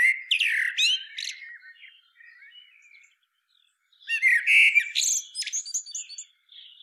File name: Turdus merula